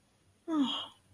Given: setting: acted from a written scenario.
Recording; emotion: vocal sound without words; sadness